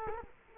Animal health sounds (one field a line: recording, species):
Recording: mosquito wingbeat signal from an infrared sensor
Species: Culex quinquefasciatus